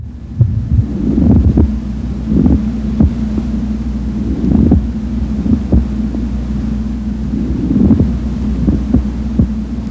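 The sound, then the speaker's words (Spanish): A pleural friction rub heard through a stethoscope: a steady low hum broken by short, scratchy creaking bursts that recur at uneven intervals, with no voices. “También tenemos una fricción pleural.”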